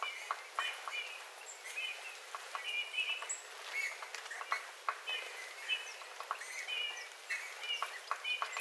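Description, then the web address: Eurasian bullfinch song: quiet, squeaky piped notes repeated in small clusters, with scattered clicks and a steady background hiss. Several bullfinches singing, recorded 13 February 2026. "paivat 13 2 2026 punatulkkujen laulua"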